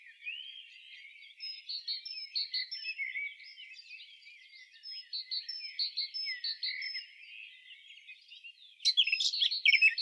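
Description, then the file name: Eurasian blackcap warbling song, a steady run of quick chattering and twittering notes with brighter fluted phrases, ending in a louder burst of notes near the close. "Sylvia atricapilla"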